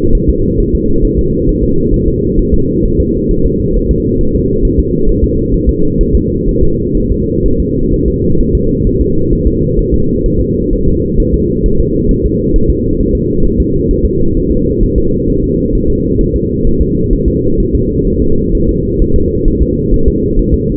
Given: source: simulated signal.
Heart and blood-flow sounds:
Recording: fetal heart sounds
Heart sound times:
0.15 s: S1
0.29 s: S2
0.60 s: S1
0.75 s: S2
1.05 s: S1
1.19 s: S2
1.49 s: S1
1.63 s: S2
1.94 s: S1
2.08 s: S2
2.39 s: S1
2.54 s: S2
2.85 s: S1
3.00 s: S2
3.31 s: S1
3.46 s: S2
3.76 s: S1
3.91 s: S2
4.21 s: S1
4.35 s: S2
4.65 s: S1
4.79 s: S2
5.09 s: S1
5.24 s: S2
5.54 s: S1
5.69 s: S2
6.01 s: S1
6.15 s: S2
6.49 s: S1
6.63 s: S2
6.97 s: S1
7.12 s: S2
7.46 s: S1
7.60 s: S2
7.94 s: S1
8.08 s: S2
8.41 s: S1
8.55 s: S2
8.87 s: S1
9.01 s: S2
9.33 s: S1
9.47 s: S2
9.79 s: S1
9.94 s: S2
10.26 s: S1
10.41 s: S2
10.73 s: S1
10.88 s: S2
11.20 s: S1
11.34 s: S2
11.66 s: S1
11.80 s: S2
12.11 s: S1
12.26 s: S2
12.56 s: S1
12.70 s: S2
13.00 s: S1
13.15 s: S2
13.45 s: S1
13.60 s: S2
13.91 s: S1
14.05 s: S2
14.37 s: S1
14.52 s: S2
14.83 s: S1
14.98 s: S2
15.30 s: S1
15.44 s: S2
15.75 s: S1
15.90 s: S2
16.21 s: S1
16.36 s: S2
16.67 s: S1
16.81 s: S2
17.13 s: S1
17.28 s: S2
17.60 s: S1
17.75 s: S2
18.07 s: S1
18.22 s: S2
18.55 s: S1
18.69 s: S2
19.02 s: S1
19.16 s: S2
19.48 s: S1
19.62 s: S2
19.94 s: S1
20.08 s: S2
20.39 s: S1
20.54 s: S2
From the record:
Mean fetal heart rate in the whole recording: 130 bpm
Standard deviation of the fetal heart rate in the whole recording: 4 bpm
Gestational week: 38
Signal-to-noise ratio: -16.4 dB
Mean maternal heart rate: 72 bpm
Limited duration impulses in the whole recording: present

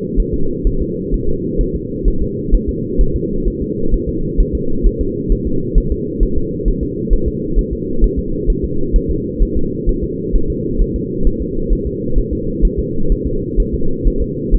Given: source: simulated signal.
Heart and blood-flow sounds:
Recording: fetal heart sounds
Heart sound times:
0.20 s: S1
0.34 s: S2
0.67 s: S1
0.81 s: S2
1.14 s: S1
1.29 s: S2
1.61 s: S1
1.76 s: S2
2.08 s: S1
2.22 s: S2
2.54 s: S1
2.69 s: S2
3.01 s: S1
3.16 s: S2
3.48 s: S1
3.62 s: S2
3.94 s: S1
4.09 s: S2
4.41 s: S1
4.55 s: S2
4.87 s: S1
5.01 s: S2
5.32 s: S1
5.47 s: S2
5.78 s: S1
5.92 s: S2
6.23 s: S1
6.38 s: S2
6.68 s: S1
6.83 s: S2
7.13 s: S1
7.28 s: S2
7.59 s: S1
7.73 s: S2
8.04 s: S1
8.19 s: S2
8.50 s: S1
8.64 s: S2
8.96 s: S1
9.11 s: S2
9.43 s: S1
9.57 s: S2
9.89 s: S1
10.04 s: S2
10.35 s: S1
10.50 s: S2
10.81 s: S1
10.96 s: S2
11.27 s: S1
11.42 s: S2
11.73 s: S1
11.87 s: S2
12.18 s: S1
12.33 s: S2
12.65 s: S1
12.79 s: S2
13.12 s: S1
13.27 s: S2
13.60 s: S1
13.74 s: S2
14.07 s: S1
14.22 s: S2
14.54 s: S1
From the record:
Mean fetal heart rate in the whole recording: 130 bpm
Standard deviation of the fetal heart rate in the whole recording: 4 bpm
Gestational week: 38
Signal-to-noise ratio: -8.1 dB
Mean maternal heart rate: 72 bpm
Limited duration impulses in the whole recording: present

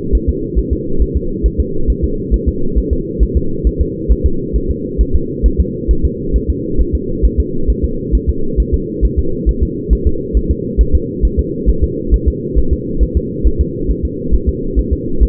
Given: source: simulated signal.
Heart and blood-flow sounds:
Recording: fetal heart sounds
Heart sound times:
0.15 s: S1
0.29 s: S2
0.59 s: S1
0.73 s: S2
1.02 s: S1
1.17 s: S2
1.46 s: S1
1.60 s: S2
1.90 s: S1
2.04 s: S2
2.34 s: S1
2.48 s: S2
2.78 s: S1
2.93 s: S2
3.23 s: S1
3.37 s: S2
3.67 s: S1
3.81 s: S2
4.12 s: S1
4.26 s: S2
4.56 s: S1
4.70 s: S2
5.01 s: S1
5.15 s: S2
5.46 s: S1
5.60 s: S2
5.91 s: S1
6.05 s: S2
6.36 s: S1
6.50 s: S2
6.81 s: S1
6.95 s: S2
7.25 s: S1
7.40 s: S2
7.70 s: S1
7.84 s: S2
8.15 s: S1
8.29 s: S2
8.60 s: S1
8.74 s: S2
9.05 s: S1
9.19 s: S2
9.49 s: S1
9.63 s: S2
9.93 s: S1
10.07 s: S2
10.37 s: S1
10.51 s: S2
10.81 s: S1
10.95 s: S2
11.25 s: S1
11.39 s: S2
11.70 s: S1
11.84 s: S2
12.14 s: S1
12.28 s: S2
12.58 s: S1
12.73 s: S2
13.03 s: S1
13.17 s: S2
13.47 s: S1
13.61 s: S2
13.91 s: S1
14.05 s: S2
14.34 s: S1
14.49 s: S2
14.79 s: S1
14.93 s: S2
15.23 s: S1
From the record:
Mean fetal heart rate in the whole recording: 135 bpm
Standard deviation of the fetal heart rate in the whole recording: 3 bpm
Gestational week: 34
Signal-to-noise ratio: -8.1 dB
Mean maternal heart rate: 72 bpm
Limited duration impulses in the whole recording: absent

